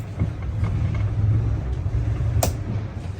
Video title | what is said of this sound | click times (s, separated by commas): LA VISTA CARAVAN HANDOVER / CARAVAN WALK THROUGH / CARAVAN TOUR / QUOKKA CARAVAN / CAMPING | So I'm just hear the click. Yeah. | 2.4 s